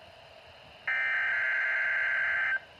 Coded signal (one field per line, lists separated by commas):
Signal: Emergency Alert System (SAME) tones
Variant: header bursts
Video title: TORNADO WATCH 518 (EAS #20)